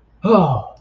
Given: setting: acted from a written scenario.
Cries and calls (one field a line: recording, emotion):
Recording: vocal sound without words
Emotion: triumph